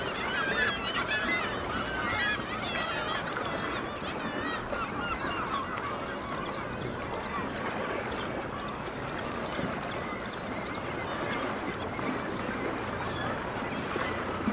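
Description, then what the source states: Black-legged kittiwakes calling in a dense, continuous colony chorus of nasal, wavering cries overlapping throughout, with a steady rumble of background noise. Recorded at Dunbar.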